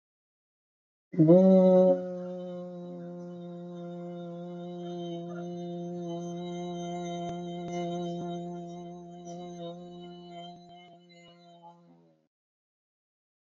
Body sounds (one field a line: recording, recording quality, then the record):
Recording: sustained vowel as in boot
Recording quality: excellent, no background noise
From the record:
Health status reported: healthy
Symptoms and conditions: none ticked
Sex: male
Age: 47 years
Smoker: yes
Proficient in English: yes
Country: India